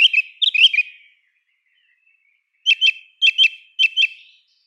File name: pevchij drozd turdus philomelos